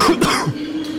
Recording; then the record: coughing mixed with background sound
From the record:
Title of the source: Coughing 46